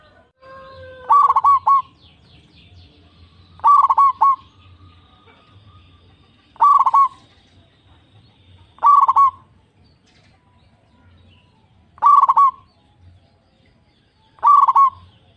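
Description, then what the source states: Zebra dove song: short bright bursts of rapid cooing notes near one pitch, repeated every few seconds, with a low hum beneath. Local zebra dove, described as a frequent singer with a loud, crystal-clear voice.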